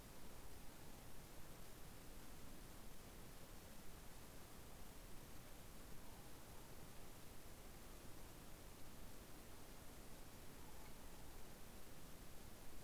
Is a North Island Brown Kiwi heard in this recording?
no